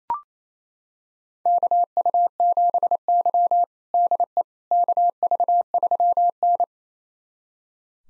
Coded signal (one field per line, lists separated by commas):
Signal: Morse code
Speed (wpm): 28 wpm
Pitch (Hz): 700 Hz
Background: none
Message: KU7Y DE KV3N